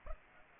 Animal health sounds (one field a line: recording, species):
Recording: mosquito wingbeat signal from an infrared sensor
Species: Culex pipiens